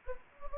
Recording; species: mosquito wingbeat signal from an infrared sensor; Anopheles gambiae